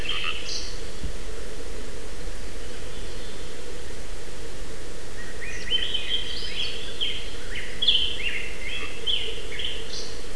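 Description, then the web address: Bird chirping calls, high short notes mostly in the second half, with a steady low rumble of background noise throughout. "picts birds valh 3"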